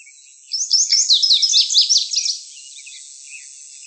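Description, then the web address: Lazuli bunting song: one quick, high-pitched phrase of paired, slurred and buzzy notes lasting about two seconds, then quiet with faint chips. Arizona, 23 June 2001. "Grosbeaks Buntings. LAZB Deviche"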